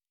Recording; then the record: hydrophone in a shrimp aquaculture tank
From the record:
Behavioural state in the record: normal